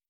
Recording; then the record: hydrophone in a shrimp aquaculture tank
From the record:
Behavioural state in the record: stressed